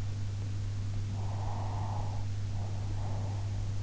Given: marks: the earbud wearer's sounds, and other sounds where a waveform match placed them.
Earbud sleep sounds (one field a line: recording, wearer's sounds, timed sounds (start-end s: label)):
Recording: sounds in sleep by an in-ear microphone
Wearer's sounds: breath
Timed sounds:
1.17-3.50 s: breath